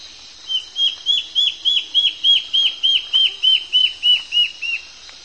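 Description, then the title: Black-faced antbird singing a rapid run of roughly fifteen ringing, down-curved whistles at a steady pace. Nominate subspecies Myrmoborus myotherinus myotherinus. "LuckyPassaro Completos2Sama. Black-faced Antbird (Myrmoborus myotherinus myotherinus)"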